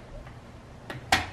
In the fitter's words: pretty hard and then this cartridge will click into place so yeah